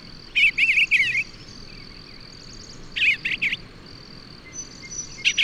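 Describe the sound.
Bird song with two main warbled, trilling bursts separated by a long pause, set against a steady high-pitched insect-like drone.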